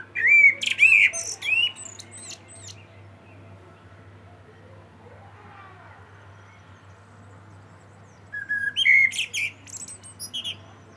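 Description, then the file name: Common blackbird song phrases at the start and end, whistled warbles topped with high squeaky notes, a long quiet gap between. "Turdus merula"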